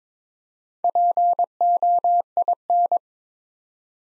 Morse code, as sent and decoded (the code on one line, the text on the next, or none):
.--. --- .. -.
POIN